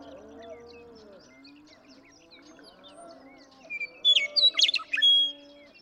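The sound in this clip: Western meadowlark song: a rich, gurgling whistled phrase rings out after several seconds of low cattle mooing and faint chips.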